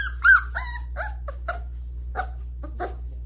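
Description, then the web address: Cat giving short, high, harmonic mews, several in quick succession with brief pauses between them, over a steady low hum. "mischievous cat"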